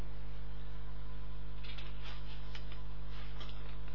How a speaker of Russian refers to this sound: Переворачиваем страницу. Страница Гимель. Третья страница.